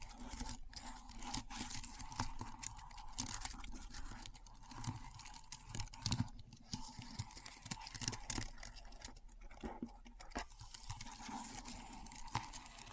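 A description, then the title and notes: Keyboard typing in a steady, dense stream of small clacks and taps, irregular but never pausing for long. A few sharper, louder keystrokes stand out around six and ten seconds. A constant mid-pitched hum and a low drone sit underneath throughout. ASMR Keyboard Sounds (No Talking).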